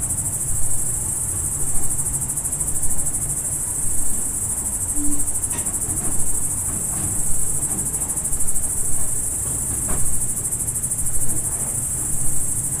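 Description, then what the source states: Crickets sustain a high shimmering chorus that swells gently in regular waves, with scattered faint clicks and a low background rumble. Crickets at dusk, farm ambience in the Emmental.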